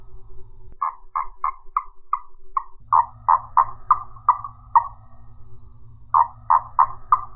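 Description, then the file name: Marsupial frog calling with hollow, knocking notes in quick runs, several series throughout, with a low background hum at times. "Gastrotheca ovifera"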